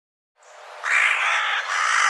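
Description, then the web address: Bird producing a long, harsh, drawn-out squawk that breaks briefly near the end before continuing. "birddata Deverinetal 2025 Bird Co Co Co Co"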